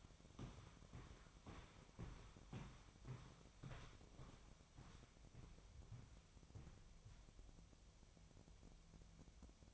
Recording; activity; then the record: daily activity, microphone in the room; walk to room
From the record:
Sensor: 1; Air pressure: 999.4 hPa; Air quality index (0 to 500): 198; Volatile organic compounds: 40 ppm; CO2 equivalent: 3151 ppm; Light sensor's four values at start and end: 10/23/9/10 and 10/25/10/10